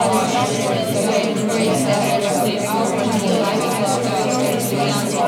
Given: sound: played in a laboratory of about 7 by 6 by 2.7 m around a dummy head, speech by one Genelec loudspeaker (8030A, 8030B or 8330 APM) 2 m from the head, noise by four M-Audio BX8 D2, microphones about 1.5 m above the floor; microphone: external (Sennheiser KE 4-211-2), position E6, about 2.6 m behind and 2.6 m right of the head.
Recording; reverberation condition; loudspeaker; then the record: babble noise; medium; four, about 170 cm from the corners of the room and facing them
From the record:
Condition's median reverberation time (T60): about 510 ms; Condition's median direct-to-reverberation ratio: about -0.5 dB